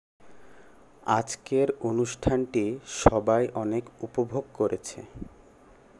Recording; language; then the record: elicited speech; Bengali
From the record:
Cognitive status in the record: cognitively healthy